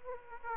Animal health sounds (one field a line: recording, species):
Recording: mosquito wingbeat signal from an infrared sensor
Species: Aedes aegypti